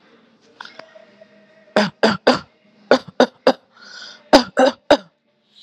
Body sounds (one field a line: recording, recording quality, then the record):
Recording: shallow voluntary cough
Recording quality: excellent, no background noise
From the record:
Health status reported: healthy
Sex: female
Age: 43 years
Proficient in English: yes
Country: India